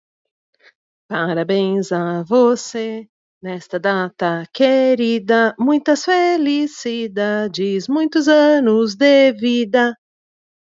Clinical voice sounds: short text; Brazilian Portuguese; female; 30 to 39 years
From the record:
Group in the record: control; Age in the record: 38 years

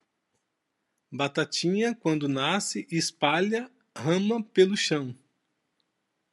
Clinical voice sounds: short text; Brazilian Portuguese; male; 50 to 59 years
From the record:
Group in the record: control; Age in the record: 51 years

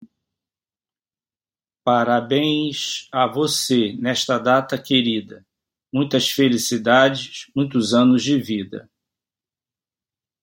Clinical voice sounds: short text; Brazilian Portuguese; male; 60 to 69 years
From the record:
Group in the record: control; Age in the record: 60 years

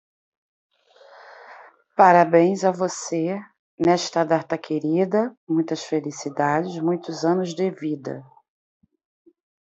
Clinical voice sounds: short text; Brazilian Portuguese; female; 40 to 49 years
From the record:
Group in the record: control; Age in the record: 49 years

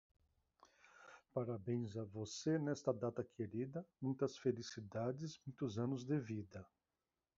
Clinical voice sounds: short text; Brazilian Portuguese; male; 50 to 59 years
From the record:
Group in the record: control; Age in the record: 58 years

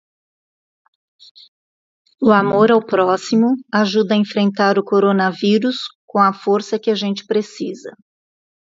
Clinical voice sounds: spoken sentence; Brazilian Portuguese; female; 60 to 69 years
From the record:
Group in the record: control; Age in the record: 62 years

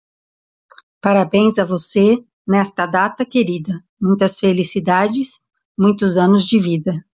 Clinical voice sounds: short text; Brazilian Portuguese; female; 40 to 49 years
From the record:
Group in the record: control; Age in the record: 47 years

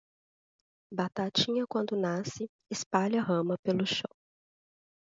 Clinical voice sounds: short text; Brazilian Portuguese; female; 30 to 39 years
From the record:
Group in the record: control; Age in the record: 32 years

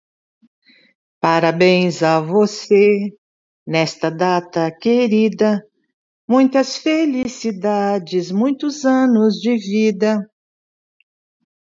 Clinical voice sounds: short text; Brazilian Portuguese; female; 70 to 79 years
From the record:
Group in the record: control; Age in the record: 72 years

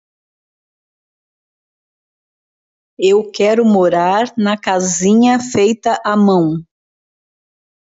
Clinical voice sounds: spoken sentence; Brazilian Portuguese; female; 50 to 59 years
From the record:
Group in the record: control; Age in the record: 58 years

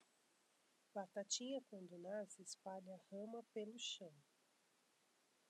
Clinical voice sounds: short text; Brazilian Portuguese; female; 40 to 49 years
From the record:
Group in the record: control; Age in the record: 41 years

